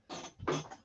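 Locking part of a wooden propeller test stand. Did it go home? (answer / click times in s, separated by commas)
no / none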